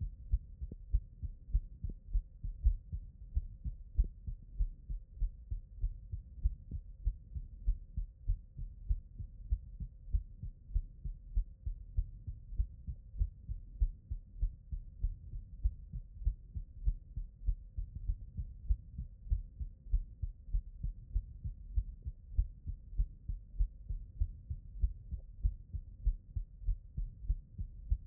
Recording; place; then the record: heart sounds by stethoscope; pulmonary valve (PV)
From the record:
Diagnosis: non-HFrEF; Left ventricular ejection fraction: 66%